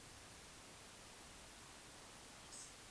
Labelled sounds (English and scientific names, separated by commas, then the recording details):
Eurasian Woodcock (Scolopax rusticola) whistle, Eurasian Woodcock (Scolopax rusticola) croak
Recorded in Baden-Württemberg, Germany, on 2 June 2021 at 20:00 UTC
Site 25832, 648 m above sea level